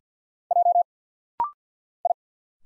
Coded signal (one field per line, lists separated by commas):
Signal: Morse code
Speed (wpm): 50 wpm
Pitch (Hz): 700 Hz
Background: none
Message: J I